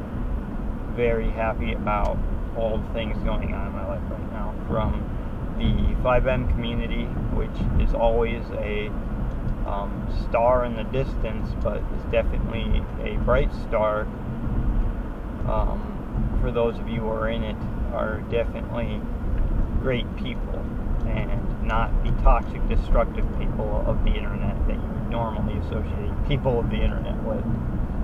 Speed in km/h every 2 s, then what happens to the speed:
61, 63, 64, 66, 66, 63, 63, 61, 61, 60, 60, 61, 63, 61.
0-8 steady at about 64. 8-17 slows to 60. 17-25 steady at about 60.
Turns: none.